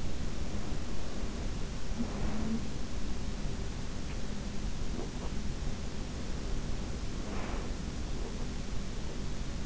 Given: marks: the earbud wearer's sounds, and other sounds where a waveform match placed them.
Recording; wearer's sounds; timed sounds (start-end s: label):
sounds in sleep by an in-ear microphone; breath
1.69-2.83 s: breath
1.86-2.67 s: sound from someone else or the room
4.91-5.43 s: sound from someone else or the room
7.16-7.70 s: breath